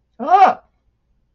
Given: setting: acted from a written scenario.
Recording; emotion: vocal sound without words; amusement